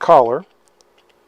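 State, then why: Not seated. Someone talks for the first half second while working on the slide of a used M&P 1.0 pistol, where the plastic collar is pushed forward with a flat-tip screwdriver so the polymer end cap can go into the rear of the slide. Faint light ticks of handling follow at about 0.7, 0.8 and 1.0 seconds. The end cap has not seated or clicked into place yet.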